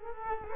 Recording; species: mosquito wingbeat signal from an infrared sensor; Culex quinquefasciatus